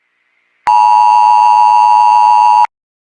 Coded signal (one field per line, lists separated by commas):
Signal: Emergency Alert System (SAME) tones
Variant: 853 and 960 Hz attention tone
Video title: EAS Scenario: Red Mist clip